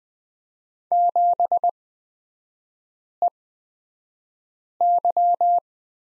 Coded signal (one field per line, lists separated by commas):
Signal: Morse code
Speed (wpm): 20 wpm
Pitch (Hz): 700 Hz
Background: none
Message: 7EY